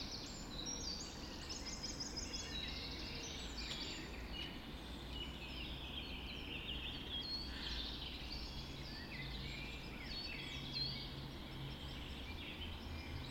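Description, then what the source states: Birds in a busy dawn chorus, dense overlapping high songs, twitters and whistles throughout, above a faint low rumble. Dawn chorus recorded just after dawn in the Forest of Dean.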